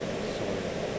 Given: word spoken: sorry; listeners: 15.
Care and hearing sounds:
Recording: one English word in noise, from a listening test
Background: speech-shaped noise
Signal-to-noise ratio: -6.9 dB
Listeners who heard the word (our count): 1 of 15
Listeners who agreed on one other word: 6 of 15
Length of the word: 0.59 s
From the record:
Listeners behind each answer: 6, 3, 1, 1, 1, 1, 1, 1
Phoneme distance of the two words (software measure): 27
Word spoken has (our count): 2 syllables, 4 phonemes, stress on syllable 1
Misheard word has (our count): 1 syllable, 3 phonemes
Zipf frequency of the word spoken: 5.65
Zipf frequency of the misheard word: 4.35

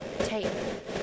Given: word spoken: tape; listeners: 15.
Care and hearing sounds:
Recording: one English word in noise, from a listening test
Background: noise modulated by three-talker babble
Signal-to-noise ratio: -5.1 dB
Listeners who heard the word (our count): 5 of 15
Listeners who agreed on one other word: 9 of 15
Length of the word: 0.63 s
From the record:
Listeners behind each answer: 9, 5, 1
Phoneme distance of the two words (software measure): 10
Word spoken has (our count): 1 syllable, 3 phonemes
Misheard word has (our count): 1 syllable, 3 phonemes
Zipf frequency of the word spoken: 4.34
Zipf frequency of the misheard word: 6.08

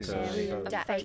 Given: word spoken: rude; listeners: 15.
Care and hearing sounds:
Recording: one English word in noise, from a listening test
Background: four-talker babble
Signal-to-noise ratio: -2.9 dB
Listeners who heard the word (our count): 0 of 15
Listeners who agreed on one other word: 6 of 15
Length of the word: 0.64 s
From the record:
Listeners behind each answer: 6, 3, 2, 2, 1, 1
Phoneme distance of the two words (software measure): 38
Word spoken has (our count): 1 syllable, 3 phonemes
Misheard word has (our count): 2 syllables, 5 phonemes, stress on syllable 2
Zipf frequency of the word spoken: 4.27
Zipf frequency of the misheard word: 3.82

